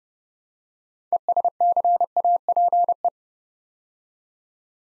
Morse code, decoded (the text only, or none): ESCAPE